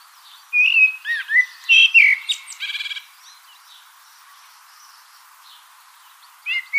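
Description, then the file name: Common blackbird song: a few mellow whistled notes and a buzzy rattling twitter, followed by a long quiet spell and a brief final phrase. "Turdus merula"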